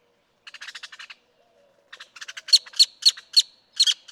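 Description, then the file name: Great-tailed grackle series of harsh, buzzy clacking notes, first soft and quick, then louder and more widely spaced. "Great-tailed Grackle"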